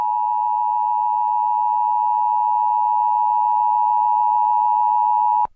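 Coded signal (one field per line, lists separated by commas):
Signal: Emergency Alert System (SAME) tones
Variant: 853 and 960 Hz attention tone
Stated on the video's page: Fictional mock alert videos with valid tones, including Emergency Broadcast System recreations.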